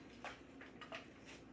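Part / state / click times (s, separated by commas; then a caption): pressure cooker lid onto cooker pot / not seated / none. The metal lid of an Instant Pot electric pressure cooker is being closed and twisted onto the cooker pot, making a few brief, soft metallic scrapes and knocks, with sharper contacts at about 0.6 and 0.8 s. The lid has not seated or clicked shut yet.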